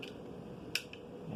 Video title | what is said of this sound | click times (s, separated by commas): Ka Bar Dozier, Gerber, Buck, Mora Bush Craft, Knives of Alaska, Elk Ridge and more | in there and you can hear it lock it's | 0.8 s